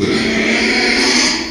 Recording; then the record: squeal of a Yucatan mini pig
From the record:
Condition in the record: after surgery on the right vocal fold (resection and tissue-engineered implant); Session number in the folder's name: 2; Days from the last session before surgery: 13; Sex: male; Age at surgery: 12 weeks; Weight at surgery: 13 kg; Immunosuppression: cyclosporine, prednisolone